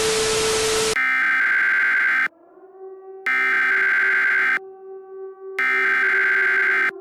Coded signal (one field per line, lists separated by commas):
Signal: Emergency Alert System (SAME) tones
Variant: header bursts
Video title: EAS Scenario: The Frost Apocalypse - The Day That They Strike